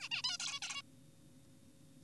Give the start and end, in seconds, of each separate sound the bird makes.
0.00-0.09, 0.11-0.22, 0.24-0.38, 0.40-0.60, 0.62-0.82